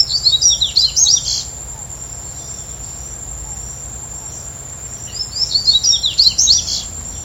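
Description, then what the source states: Yellow-bellied seedeater song: two bursts of rapid, high twittering notes separated by a pause, over a steady, high insect whine. Recorded at Comandatuba, Bahia, Brazil, on 31 January 2013.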